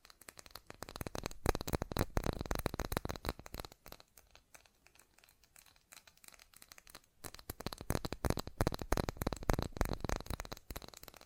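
Fast tapping in quick, dense bursts of crisp, sharp clicks with a crinkly edge. The tapping runs thick for the first four seconds, thins to softer, sparser taps until around seven seconds, then picks back up to a rapid, busy patter through the end.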